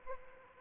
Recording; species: mosquito wingbeat signal from an infrared sensor; Anopheles arabiensis